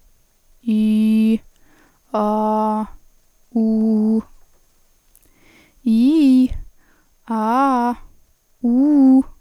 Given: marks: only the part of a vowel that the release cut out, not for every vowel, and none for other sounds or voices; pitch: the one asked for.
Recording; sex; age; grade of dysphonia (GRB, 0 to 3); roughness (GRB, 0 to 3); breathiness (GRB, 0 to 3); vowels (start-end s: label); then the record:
sustained vowels; female; 20 to 29 years; 0; 0; 0
0.77-1.29 s: vowel /i/, low pitch
2.22-2.78 s: vowel /a/, low pitch
3.58-4.14 s: vowel /u/, low pitch
5.90-6.42 s: vowel /i/, low-high-low pitch
7.36-7.89 s: vowel /a/, low-high-low pitch
8.66-9.18 s: vowel /u/, low-high-low pitch
From the record:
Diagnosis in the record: healthy voice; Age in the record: 26 years